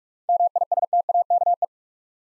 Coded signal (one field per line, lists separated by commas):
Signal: Morse code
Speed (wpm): 44 wpm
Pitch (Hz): 700 Hz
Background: none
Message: MISTAKE